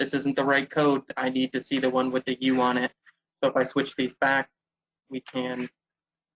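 Someone talks while handling coded RFID safety switch actuators, swapping them back onto their matching safety switch receivers. Nothing has seated or clicked into place yet.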